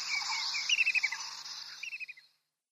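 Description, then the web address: White-throated kingfisher display call, a brief chattering rattle of quick notes that fades out, with a continuous high hiss behind. "Schulze Peter White-throated Kingfisher display"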